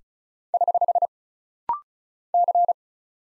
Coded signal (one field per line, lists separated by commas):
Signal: Morse code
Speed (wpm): 36 wpm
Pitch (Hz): 700 Hz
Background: none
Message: <HH> C